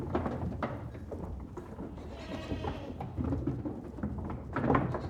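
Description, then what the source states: Goat bleat, one long wavering cry in the middle, amid clattering hooves, knocks and a low rumbling background. Goat herd moving out.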